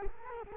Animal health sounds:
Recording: mosquito wingbeat signal from an infrared sensor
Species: Culex quinquefasciatus

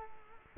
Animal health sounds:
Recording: mosquito wingbeat signal from an infrared sensor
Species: Culex quinquefasciatus

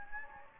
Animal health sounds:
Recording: mosquito wingbeat signal from an infrared sensor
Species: Anopheles gambiae

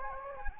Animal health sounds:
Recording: mosquito wingbeat signal from an infrared sensor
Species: Anopheles gambiae

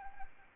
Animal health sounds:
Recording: mosquito wingbeat signal from an infrared sensor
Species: Anopheles arabiensis

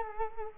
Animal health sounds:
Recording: mosquito wingbeat signal from an infrared sensor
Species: Culex quinquefasciatus

